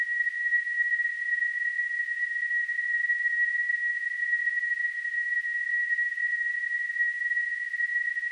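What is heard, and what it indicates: Simulated tinnitus: a steady, unbroken narrowband ringing hiss centred near 2 kHz, with faint noise spreading above it and nothing in the low frequencies, holding the same level throughout.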